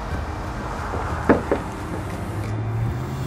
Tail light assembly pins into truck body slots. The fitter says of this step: there are a couple little slots with these pins and they should just kind of pop into place